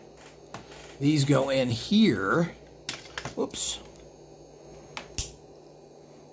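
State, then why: Seated. Plastic parts from a Playmobil Dino Rise set 70624 are pushed all the way into a toy rocket assembly. Someone talks, then the parts give two sharp clicks at 5.0 s and 5.2 s, with the second click louder. The parts are seated.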